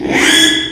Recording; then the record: squeal of a Yucatan mini pig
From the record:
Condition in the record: after surgery on the right vocal fold (resection and tissue-engineered implant); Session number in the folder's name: 3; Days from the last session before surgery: 33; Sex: male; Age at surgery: 12 weeks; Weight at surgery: 13 kg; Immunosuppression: cyclosporine, prednisolone